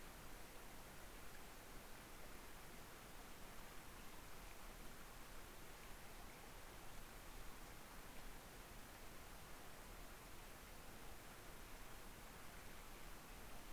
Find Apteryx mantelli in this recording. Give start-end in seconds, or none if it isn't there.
none